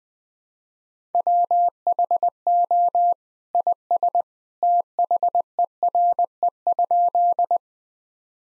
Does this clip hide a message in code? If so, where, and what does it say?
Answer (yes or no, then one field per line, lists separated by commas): yes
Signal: Morse code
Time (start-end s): 1.1-7.6 s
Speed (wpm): 20 wpm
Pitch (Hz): 700 Hz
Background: none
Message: WHO IS THERE?